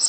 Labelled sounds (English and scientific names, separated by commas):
Cape May Warbler (Setophaga tigrina) flight call